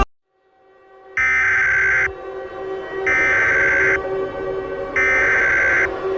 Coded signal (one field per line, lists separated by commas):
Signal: Emergency Alert System (SAME) tones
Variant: header bursts